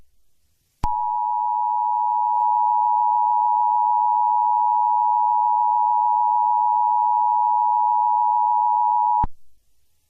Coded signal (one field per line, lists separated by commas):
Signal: Emergency Alert System (SAME) tones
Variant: 853 and 960 Hz attention tone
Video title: Marvel's the Avengers Eas Scenario Analog Horror